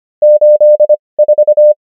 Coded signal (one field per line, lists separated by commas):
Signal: Morse code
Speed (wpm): 25 wpm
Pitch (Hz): 600 Hz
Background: none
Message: 84